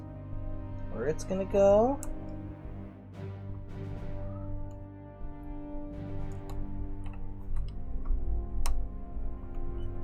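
A plastic hull panel for a partwork Enterprise-D starship model is slid along its spot on the model ship's frame while someone talks over background music. A few light plastic taps and ticks come from the handling, the sharpest near the end, but the panel has not snapped in and nothing has seated yet.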